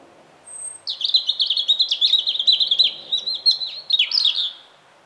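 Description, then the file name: European robin song: a high whistle, then a long, rapid phrase of trilled and tinkling notes that ends in a falling flourish. "Erithacus rubecula"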